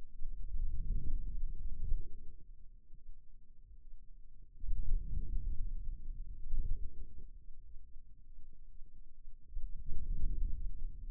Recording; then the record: forearm muscle sounds (acoustic myography)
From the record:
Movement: outward rotation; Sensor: system 2, bracelet of six BSWA MPA416 microphones around the upper forearm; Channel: 1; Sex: male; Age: 22 years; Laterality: right